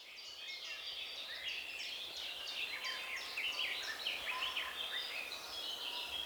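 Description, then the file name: Eurasian wren giving rapid, repeated high notes in quick bursts over about six seconds. "Troglodytes troglodytes"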